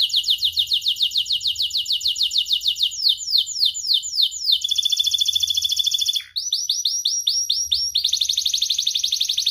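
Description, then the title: Atlantic canary song of varied rolling tours: rapid slurred notes, a steady buzzy trill, a brief break, then new phrases and another fast trill. Canary (kenari) described as gacor, singing with the best cengkok and a very rich isian. "Kenari Gacor Cengkok Terbaik Isian Paling Mewah Kenarigacor Kicaumania Kenari"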